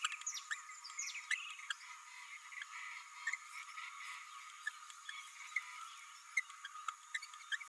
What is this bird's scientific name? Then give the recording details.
Forpus passerinus. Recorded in a nest box in Venezuela. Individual 18B104A5